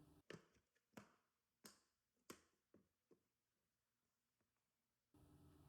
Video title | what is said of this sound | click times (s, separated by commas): Rexing Dash cam Hardwire install 2022-2024 Nissan Pathfinder Part 1 | those tabs go in first you go in an angle they pop slide right in and then that pops right into place | 0.3 s, 1.0 s, 1.7 s, 2.3 s